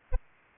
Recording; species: mosquito wingbeat signal from an infrared sensor; Aedes aegypti